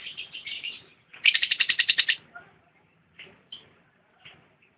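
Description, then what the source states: Lovebird song: shrill twittering, then a rapid chattering burst, followed by a few isolated squeaky notes. Champion lovebird song.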